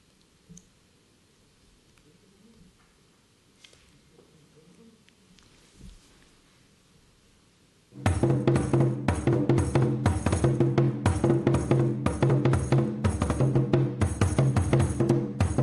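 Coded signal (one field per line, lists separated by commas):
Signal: talking drum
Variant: Akan atumpan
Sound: faint room noise, then rapid rhythmic drum strokes with low resonant pitches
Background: quiet room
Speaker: he was playing right now was what we call the atom pun the talking drum um this was filmed in my hometown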